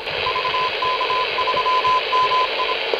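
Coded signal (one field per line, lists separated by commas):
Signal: Morse code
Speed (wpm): 27 wpm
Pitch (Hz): 1010 Hz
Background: radio noise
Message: VK3MI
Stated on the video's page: Morse code received on a home-built HF direct conversion phasing SSB receiver with a DDS VFO.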